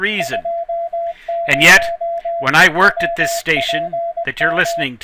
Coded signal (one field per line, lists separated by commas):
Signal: Morse code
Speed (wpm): 19 wpm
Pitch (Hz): 680 Hz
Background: speech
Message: 20 WPM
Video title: CW Passband Experiment